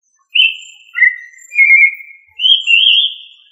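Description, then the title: Thrush song: clear, pure whistled notes, a few slow notes with slight slurs and short pauses between them, in an otherwise quiet background. "Familia Turdidae - Sabia"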